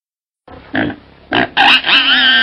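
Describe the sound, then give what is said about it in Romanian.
A pig's strangled roar of fury from Napoleon's apartments: two short, rough grunting bursts, then a loud, sustained, strained squealing bellow that holds to the end. No one speaks. “În clipa următoare, un răge de furie sugrumat se auzit din apartamentele lui Napoleon.”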